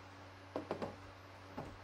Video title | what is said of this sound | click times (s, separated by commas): 2021 LG UP8000 UHD 4K Television Unboxing and Review Video | turn counterclockwise and it locks into place | 0.6 s, 0.7 s, 0.8 s